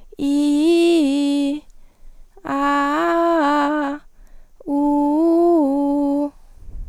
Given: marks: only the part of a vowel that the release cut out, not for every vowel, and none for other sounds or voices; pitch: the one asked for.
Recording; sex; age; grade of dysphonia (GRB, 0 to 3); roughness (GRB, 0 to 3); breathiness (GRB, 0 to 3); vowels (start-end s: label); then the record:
sustained vowels; female; 20 to 29 years; 1; 0; 0
0.29-1.45 s: vowel /i/, low-high-low pitch
2.57-3.80 s: vowel /a/, low-high-low pitch
4.81-6.10 s: vowel /u/, low-high-low pitch
From the record:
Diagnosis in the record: healthy voice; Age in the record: 20 years